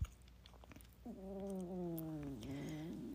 Cat snoring.